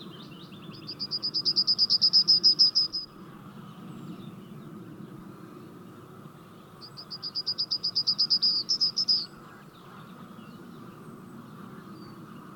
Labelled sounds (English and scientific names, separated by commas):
Yellowhammer (Emberiza citrinella) song